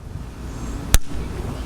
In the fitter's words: You guys hear that snap?